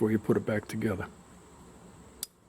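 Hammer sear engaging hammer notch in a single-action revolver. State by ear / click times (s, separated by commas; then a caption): seated / 2.2 s. Someone talks for the first second, then a reassembled Heritage Arms Rough Rider single-action .22 revolver has its hammer drawn back. At 2.2 s the metal sear catches the first of the hammer's four notches with a sharp click, seating it as the first of four clicks that should be heard.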